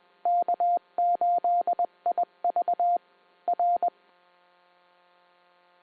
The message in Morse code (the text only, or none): K8IV R